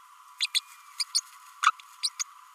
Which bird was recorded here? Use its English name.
Green-rumped Parrotlet